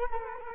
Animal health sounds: mosquito wingbeat signal from an infrared sensor; Culex quinquefasciatus

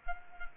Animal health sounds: mosquito wingbeat signal from an infrared sensor; Culex quinquefasciatus

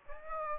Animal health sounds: mosquito wingbeat signal from an infrared sensor; Aedes aegypti

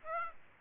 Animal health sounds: mosquito wingbeat signal from an infrared sensor; Aedes aegypti

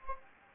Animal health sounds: mosquito wingbeat signal from an infrared sensor; Anopheles gambiae

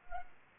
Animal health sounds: mosquito wingbeat signal from an infrared sensor; Anopheles arabiensis

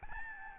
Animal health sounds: mosquito wingbeat signal from an infrared sensor; Aedes albopictus

